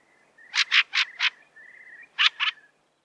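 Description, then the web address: Thrush uttering a rapid burst of four rasping chack notes, then two more after a brief pause, with a soft thin whistle running underneath. "Голоса птиц Дрозд"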